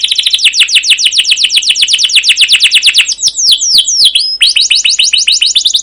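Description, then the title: Canary song: fast runs of sharp, rapidly repeated downslurred notes, breaking midway into looping whistled slurs before the quick rolling phrases resume. Canary (kenari) masteran of long, rolling 'ngerol' 'gacor' song with 'cuit cuit' chirps, used as a lure to prompt other canaries to sing. "CUIT CUIT NGEROL LANGSUNG GACOR PANJANG Kenari Ini AMPUH Utk Pancingan KENAR. Masteran Suara Burung Kenari Gacor Panjang cuit cuit Ngerol untuk Pancingan Kenari!"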